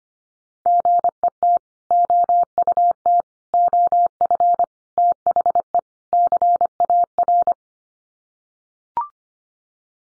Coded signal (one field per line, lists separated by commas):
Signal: Morse code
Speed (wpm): 25 wpm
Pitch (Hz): 700 Hz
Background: none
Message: GET OUT OF THE CAR